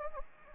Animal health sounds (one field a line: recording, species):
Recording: mosquito wingbeat signal from an infrared sensor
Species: Anopheles gambiae